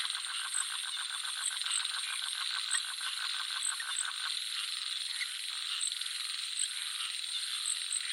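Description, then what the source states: Frog gives a quick run of rattling pulsed croaks in the first half, then stops, leaving steady high insect and cricket chirring. Jungle nature soundscape with frogs and crickets.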